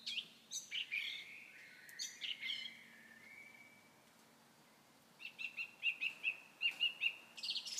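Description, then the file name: Common nightingale song: bursts of rapid high chirps, a pause, then a long run of quick repeated notes with a faint steady hum beneath. "Nachtegaal"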